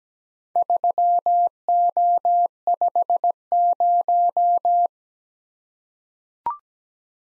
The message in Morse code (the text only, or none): 3O50